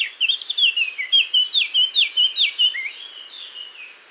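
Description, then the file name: Eurasian blackcap song: one clear, loud phrase of quick slurred whistles, repeated rapid notes rolling along for about three seconds before trailing off. "Sylvia atricapilla"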